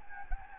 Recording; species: mosquito wingbeat signal from an infrared sensor; Anopheles gambiae